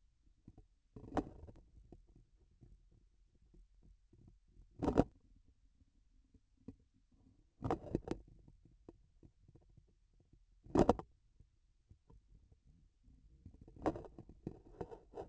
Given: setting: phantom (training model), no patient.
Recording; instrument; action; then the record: laparoscopic instrument, vibration sensor on the handle end; grasping forceps; opening and closing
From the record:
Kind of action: tool actuation without material contact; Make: Olympus